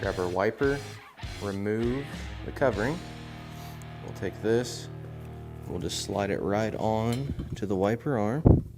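A wiper blade is handled and slid onto the manual windshield wiper arm of a glass windshield on a Can-Am Maverick X3 while someone talks over steady background music. The blade has not yet snapped into place, and nothing has seated or clicked by the end of the clip.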